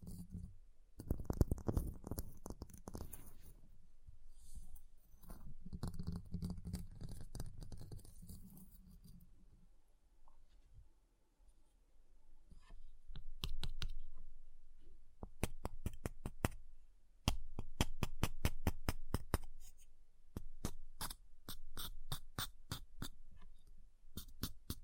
Ice Tapping, Scratching, Carving Sounds